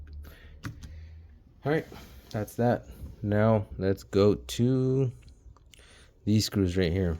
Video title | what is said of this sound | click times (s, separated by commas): MSI GS76 Stealth Loud Fan Cleaning and Applying New Thermal Paste and Compound On CPU and GPU | and light pressure on each Edge till you hear that click | 0.6 s